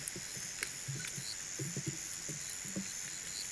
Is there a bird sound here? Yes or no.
no